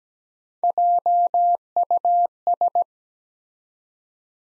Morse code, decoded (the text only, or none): JUS